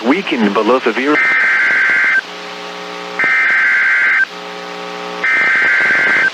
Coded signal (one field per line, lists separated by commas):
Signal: Emergency Alert System (SAME) tones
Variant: header bursts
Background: speech